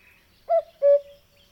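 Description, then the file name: Cuckoo giving a single clear two-note call, the first note slightly higher than the second, over a quiet background. "minutes of cuckoos"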